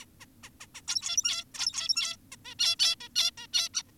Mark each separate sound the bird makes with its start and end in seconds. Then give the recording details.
0.02-0.06, 0.20-0.26, 0.44-0.50, 0.60-0.67, 0.75-0.82, 0.88-1.44, 1.54-2.16, 2.32-2.36, 2.45-2.55, 2.59-2.76, 2.79-2.96, 3.00-3.09, 3.16-3.31, 3.38-3.47, 3.54-3.69, 3.74-3.82. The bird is an adult. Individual g17y2U